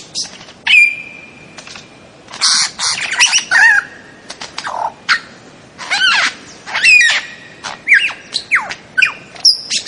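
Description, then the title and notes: Bird song with harsh squawks and sliding whistles, interspersed with short chirps, varying throughout. Bird ringtone with a melodious voice. "Burung Dengan Suara Merdu"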